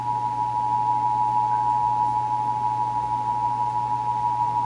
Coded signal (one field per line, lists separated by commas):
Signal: Emergency Alert System (SAME) tones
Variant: 853 and 960 Hz attention tone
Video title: (EAS #633-641) May 2024 Texas Required Monthly Test